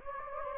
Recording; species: mosquito wingbeat signal from an infrared sensor; Anopheles gambiae